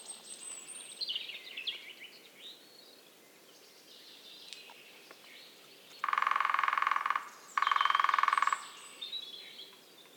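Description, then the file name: Lesser spotted woodpecker drumming in two loud, rapid rolls, each about a second long, after softer twittering from other birds. Recorded in Belgium. "Kleinspecht Bram-Vogels-Belgien"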